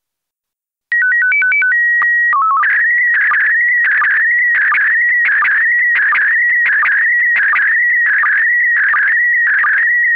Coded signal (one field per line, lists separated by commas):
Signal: SSTV (slow-scan television)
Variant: PD 90